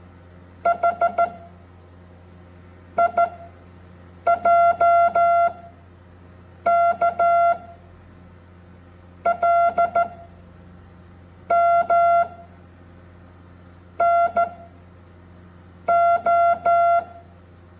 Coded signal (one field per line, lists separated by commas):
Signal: Morse code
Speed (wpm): 14 wpm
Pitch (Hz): 690 Hz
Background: none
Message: H I J K L M N O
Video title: MORSE CODE ENGLISH ALPHABET